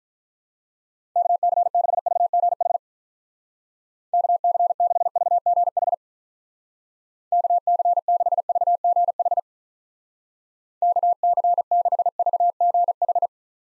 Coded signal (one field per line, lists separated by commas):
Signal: Morse code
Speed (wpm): 47 wpm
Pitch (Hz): 700 Hz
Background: none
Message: KC6VGH KC6VGH KC6VGH KC6VGH